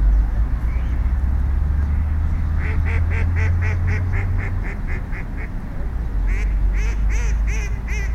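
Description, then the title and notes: Ducks quacking in a rapid series of short nasal calls, with a second burst near the end, over a steady low hum. Ducks at a duck pond in Pamukkale, recorded in October 2011. "Pamukkale prayer call and ducks. Recorded at Pamukkale near a duck pond, October 2011"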